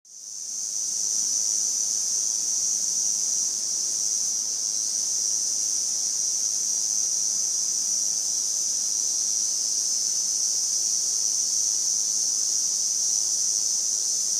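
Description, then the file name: Lyristes bihamatus cicada song that swells up over the first second into a long, unwavering high hiss sustained to the end. "Lyristes bihamatus"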